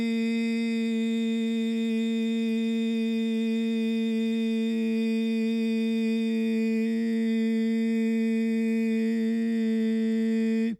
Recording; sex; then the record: sustained vowel /i/; male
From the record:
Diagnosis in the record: Parkinson's disease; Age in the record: 71 years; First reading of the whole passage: 60 s, 8.7 characters per second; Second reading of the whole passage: 57 s, 9.1 characters per second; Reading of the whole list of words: 54 s, 5.3 characters per second